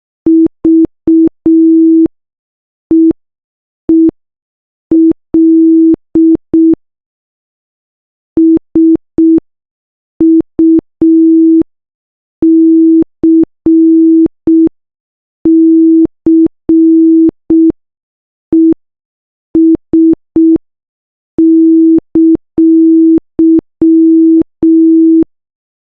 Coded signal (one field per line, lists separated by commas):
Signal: Morse code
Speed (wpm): 6 wpm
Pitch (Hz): 320 Hz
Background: none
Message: VEEL SUCCES!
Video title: Morse code